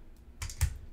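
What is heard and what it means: Two halves of a 3D-printed plastic snap-fit ornament are pressed together, and the printed tabs grab the nubs on the mating half. Two short, sharp clicks are heard at 0.4 s and 0.6 s as the first tab and then the second snap into place. Both tabs are seated.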